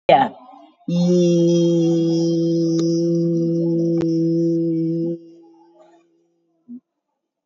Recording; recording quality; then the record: sustained vowel as in beet; excellent, no background noise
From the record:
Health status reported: COVID-19 positive, mild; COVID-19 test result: positive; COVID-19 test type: RT-PCR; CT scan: taken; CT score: 2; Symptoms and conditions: sore throat, fever, diabetes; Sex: female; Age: 70 years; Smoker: no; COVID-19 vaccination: none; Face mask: worn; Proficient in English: yes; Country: India